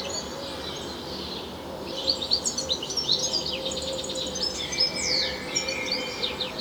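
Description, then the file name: European goldfinch song, a fast tinkling twitter of high chirps and buzzy trills that grows busier after two seconds, with a steady faint low hum beneath. "Carduelis carduelis"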